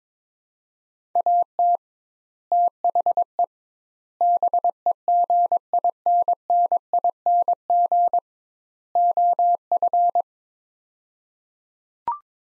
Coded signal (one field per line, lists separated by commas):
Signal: Morse code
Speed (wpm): 21 wpm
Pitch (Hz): 700 Hz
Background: none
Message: AT THE BEGINNING OF